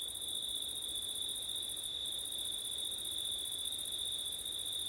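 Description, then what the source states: Crickets trilling steadily at a high pitch, the highest layer dipping out once briefly. Crickets on a windy September night; ORTF stereo.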